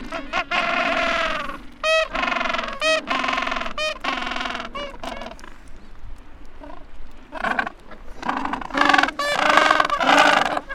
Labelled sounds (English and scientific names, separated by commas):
Gentoo Penguin (Pygoscelis papua) call